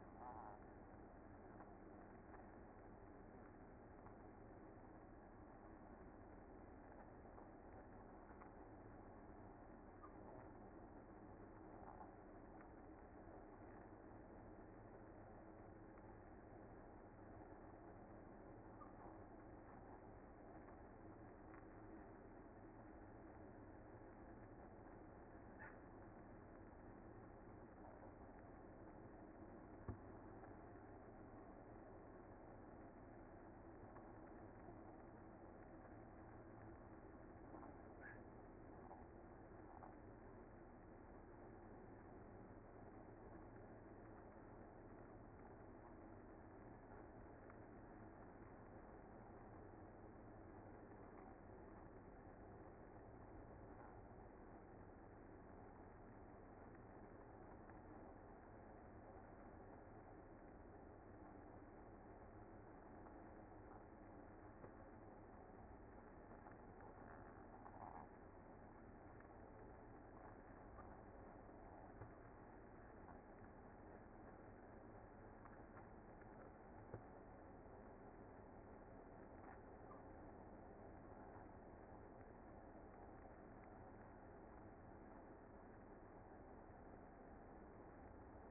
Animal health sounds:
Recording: honeybee colony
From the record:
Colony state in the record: active

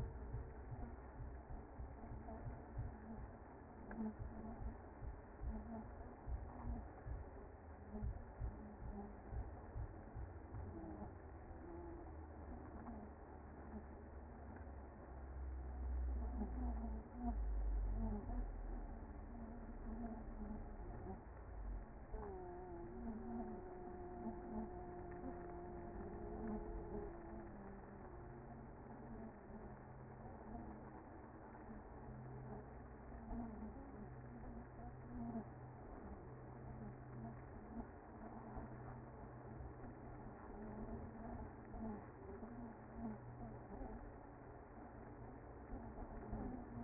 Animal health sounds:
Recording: honeybee colony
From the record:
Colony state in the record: active

